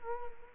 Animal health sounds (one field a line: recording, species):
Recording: mosquito wingbeat signal from an infrared sensor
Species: Culex quinquefasciatus